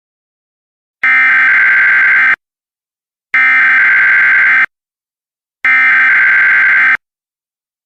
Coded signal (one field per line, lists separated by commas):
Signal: Emergency Alert System (SAME) tones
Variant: header bursts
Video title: DirecTV EAS Test